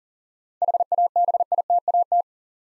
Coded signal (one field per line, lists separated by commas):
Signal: Morse code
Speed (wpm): 38 wpm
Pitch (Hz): 700 Hz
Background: none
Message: HABITAT